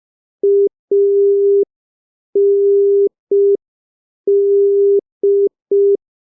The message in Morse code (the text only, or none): AND